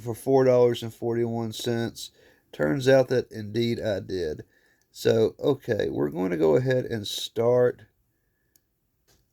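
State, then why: Seated. Someone talks for about eight seconds, then a dial is fitted onto the piece and a single short, quiet click is heard at 8.6 s as it snaps right into its housing. The dial is seated.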